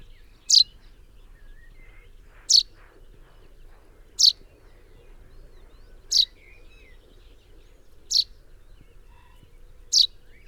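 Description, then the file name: Common chaffinch calling: six brief, bright, downward-sweeping notes spaced roughly two seconds apart over a quiet, low-level background hiss. "Fringilla coelebs"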